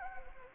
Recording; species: mosquito wingbeat signal from an infrared sensor; Anopheles gambiae